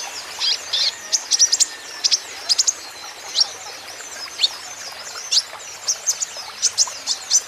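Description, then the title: Van Hasselt's sunbird singing thin, sharp, very high tweets spaced unevenly, some doubled or tripled, over a soft hiss. Caged young green-plumaged (konin ijoan) kolibri ninja in energetic (gacor) song; used as a lure and for training so untrained konin birds answer. "KOLIBRI NINJA KONIN IJOAN GACOR COCOK UNTUK PANCINGAN TERAPI KONIN BAHAN PASTI NYAUT"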